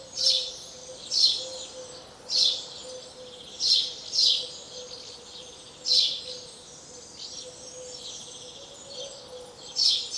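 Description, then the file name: House sparrow uttering sharp single chirps at irregular intervals, with a steady background hum. "Passer domesticus"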